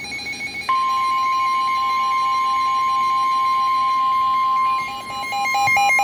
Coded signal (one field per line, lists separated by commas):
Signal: Emergency Alert System (SAME) tones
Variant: 1050 Hz attention tone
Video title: EAS/NWR Alert or message #159-161: Double header SVR and SVA